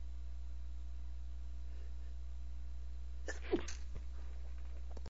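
An adult male stifles a sneeze: a single brief, muffled burst held back rather than fully released, heard over a steady low electrical hum.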